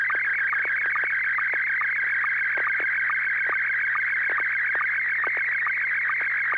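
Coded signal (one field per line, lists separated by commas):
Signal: SSTV (slow-scan television)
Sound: steady warbling high tone scanning image lines, with regular short low sync blips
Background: low mains hum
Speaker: Oh, it's a picture of a couple of women sitting on a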